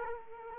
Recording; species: mosquito wingbeat signal from an infrared sensor; Culex quinquefasciatus